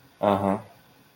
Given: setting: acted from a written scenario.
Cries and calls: vocal sound without words; shame

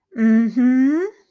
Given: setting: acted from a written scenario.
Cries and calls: vocal sound without words; pride

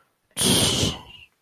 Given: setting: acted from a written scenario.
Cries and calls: vocal sound without words; disappointment

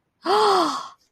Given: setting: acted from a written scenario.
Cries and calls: vocal sound without words; realization

